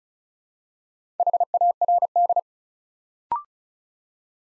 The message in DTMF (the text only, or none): none